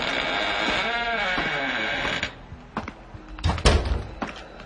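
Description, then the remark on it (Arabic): A door creaks open at around 4 or 5 in the morning in a long, wavering groan that bends up and down in pitch for about two seconds, followed by a few soft knocks and a heavier thump. “كتمت انفاسي لما حسيت بحركة الباب وهي بتفتح.”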